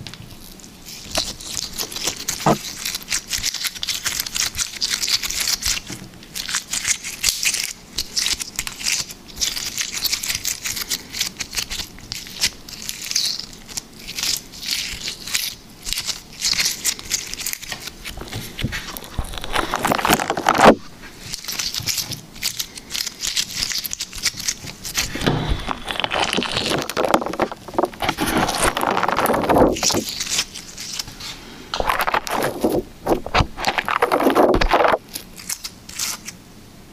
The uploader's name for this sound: Liquid Slime ASMR